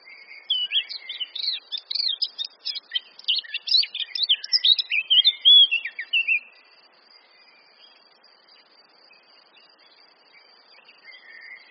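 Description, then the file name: Eurasian blackcap delivering one long, rich warbled phrase of rapid mixed notes lasting about six seconds, followed by near silence with a faint steady whine. "Sylvia atricapilla"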